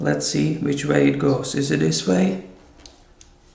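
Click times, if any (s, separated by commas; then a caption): 2.9 s. An SanDisk SD memory card is pushed into the card slot of a Canon EOS Rebel SL2 camera while someone talks for the first two and a half seconds. After the talk stops, a sharp click at 2.9 s marks the card latching into the slot, followed by a second short tick at 3.2 s. The card is seated.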